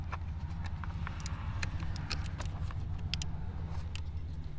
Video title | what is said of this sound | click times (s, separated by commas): Mercury VesselView Mobile Installation *75HP | it made a click so now all i got left | 3.1 s